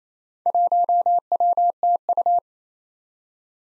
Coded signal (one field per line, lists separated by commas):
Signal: Morse code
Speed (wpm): 27 wpm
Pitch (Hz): 700 Hz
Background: none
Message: 1WTU